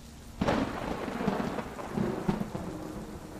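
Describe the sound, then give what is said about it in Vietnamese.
Heavy rain pours steadily in a village on the morning of the first day of Tet while a deep rumble of thunder rolls underneath, swelling in a couple of low surges over the constant hiss of the downpour. “Sáng mùng 1 Tết, năm nào ở làng địa ngục trời cũng mưa tầm tã.”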